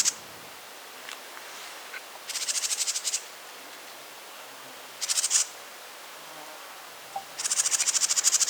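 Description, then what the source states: House wren song: short, harsh, rapidly pulsed buzzy bursts, high-pitched, given at irregular intervals with quiet gaps between them. Western subspecies Troglodytes aedon parkmanii.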